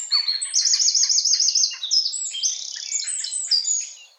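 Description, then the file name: Eurasian wren song, loud and rapid, with a fast high trill and tumbling bright phrases over softer lower notes. "Troglodytes troglodytes"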